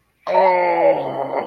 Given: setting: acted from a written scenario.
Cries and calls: vocal sound without words; guilt

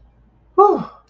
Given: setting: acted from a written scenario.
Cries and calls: vocal sound without words; relief

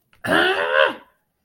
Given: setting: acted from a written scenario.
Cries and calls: vocal sound without words; shame

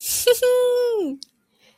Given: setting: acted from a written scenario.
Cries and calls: vocal sound without words; positive surprise

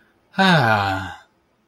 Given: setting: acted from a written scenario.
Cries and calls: vocal sound without words; romantic love

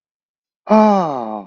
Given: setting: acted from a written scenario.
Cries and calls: vocal sound without words; realization

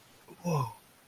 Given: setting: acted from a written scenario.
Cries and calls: vocal sound without words; awe

